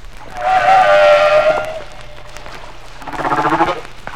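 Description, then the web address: Humpback whale song: a long wavering tonal moan, then after a pause a pulsed, grating burst, with faint hum underneath. "Songs of the humpback whale"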